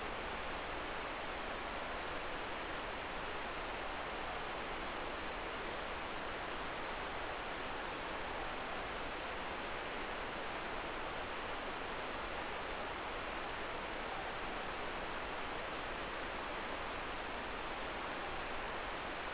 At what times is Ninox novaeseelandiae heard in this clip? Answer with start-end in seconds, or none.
none